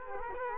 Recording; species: mosquito wingbeat signal from an infrared sensor; Culex quinquefasciatus